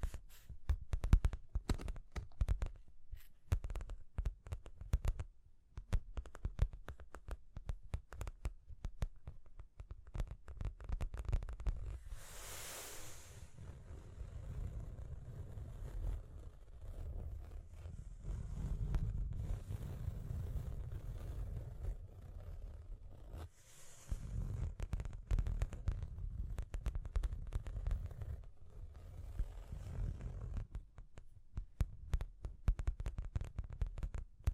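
Dense, irregular tapping and scratching runs throughout over a low rumbling thud, with brief bright scraping bursts near 12 and 24 seconds.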